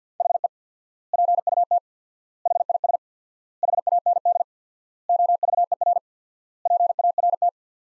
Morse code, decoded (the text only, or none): HE PUT HIS HAND OVER PART